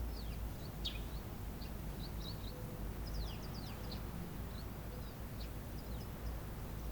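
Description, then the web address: Birds chirping: many quick, high, thin tweets and short twittering notes overlapping, over a constant low rumble. Birds outdoors in the morning. "anemoi. outdoor morning birds"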